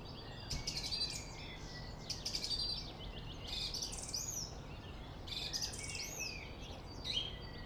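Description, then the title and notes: Song thrush song of varied phrases, with scratchy chattering notes and looping high whistles in short bursts, against a constant low traffic drone. Singing in Friedhof Columbiadamm (Neuer Garnisonsfriedhof) cemetery, Berlin; distant city traffic noise; recorded with Sony PCM D50. "Friedhof Columbiadamm, Berlin - Song thrush. Friedhof Columbiadamm (Neuer Garnisonsfriedhof), Song thrush (Singdrossel) singing, distant city. traffic noise (Sony PCM D50)"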